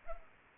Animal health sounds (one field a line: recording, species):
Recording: mosquito wingbeat signal from an infrared sensor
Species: Culex pipiens